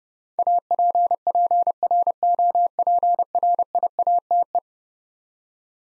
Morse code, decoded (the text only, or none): APPROPRIATE